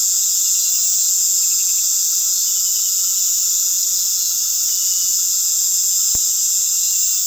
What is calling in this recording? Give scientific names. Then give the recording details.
none. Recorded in pastures near Puerto Asís, Putumayo, Colombia, on 18 February 2024 at 19:00. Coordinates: 0.468, -76.328. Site G6414